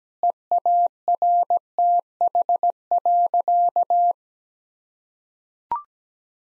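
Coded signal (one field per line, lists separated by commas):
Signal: Morse code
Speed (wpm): 17 wpm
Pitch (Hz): 700 Hz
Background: none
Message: EARTH.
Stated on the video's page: Morse practice sentences at 17 wpm with contextual hints.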